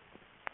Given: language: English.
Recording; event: throat vibration sensor signal played as sound; swallow